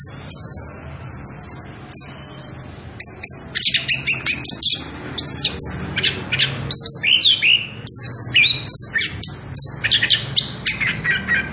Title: Anis Kembang Gacor. pancingan anis kembang ngerol edan volume dasyattt cocok buat masteran trotolan